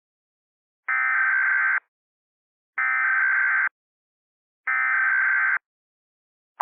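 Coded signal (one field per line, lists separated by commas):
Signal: Emergency Alert System (SAME) tones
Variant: header bursts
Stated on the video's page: Fictional remastered EAS scenario.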